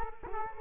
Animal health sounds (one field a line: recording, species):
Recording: mosquito wingbeat signal from an infrared sensor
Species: Culex quinquefasciatus